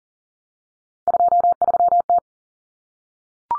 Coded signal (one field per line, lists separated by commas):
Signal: Morse code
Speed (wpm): 40 wpm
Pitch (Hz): 700 Hz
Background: none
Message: 23T